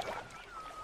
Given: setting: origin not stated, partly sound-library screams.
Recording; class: one-second piece from a danger detection set; normal situation